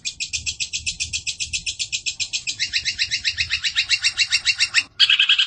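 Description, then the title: Streaked spiderhunter song: a long, fast run of sharp, high chipping notes that shifts slightly lower midway, then breaks off before a louder burst resumes. Long, clear, vigorous song. "Pijantung Gunung Gacor Jernih Panjang"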